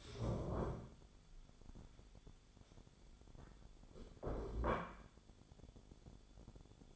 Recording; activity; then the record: daily activity, microphone in the room; stand up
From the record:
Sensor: 5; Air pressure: 1015.3 hPa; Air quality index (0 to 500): 189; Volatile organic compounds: 8 ppm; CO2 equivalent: 2055 ppm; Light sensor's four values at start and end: 35/80/32/31 and 35/80/32/31